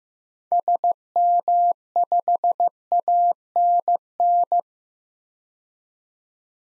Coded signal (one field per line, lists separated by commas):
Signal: Morse code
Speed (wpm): 15 wpm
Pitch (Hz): 700 Hz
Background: none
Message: SM5ANN